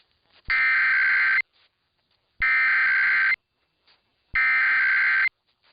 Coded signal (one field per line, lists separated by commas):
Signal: Emergency Alert System (SAME) tones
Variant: header bursts